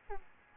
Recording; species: mosquito wingbeat signal from an infrared sensor; Aedes albopictus